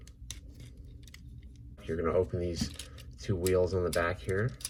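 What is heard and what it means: The two plastic legs of a Transformers Earthrise Optimus Prime War for Cybertron action figure are closed together so the pegs in the feet snap into the opposite foot, with a sharp snap at 0.3 s among a few fainter ticks around 0.1 s and 1.1 s. The pegs seat, and then someone talks.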